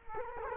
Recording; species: mosquito wingbeat signal from an infrared sensor; Culex quinquefasciatus